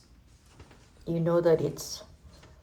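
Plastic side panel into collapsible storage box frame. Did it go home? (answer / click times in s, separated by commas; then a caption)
no / none. A plastic side panel of a collapsible storage box is handled against the box frame, to be pushed on with no screws, with faint quiet handling noise. Someone talks briefly around 1.1 to 2.0 s. Nothing has snapped or seated yet.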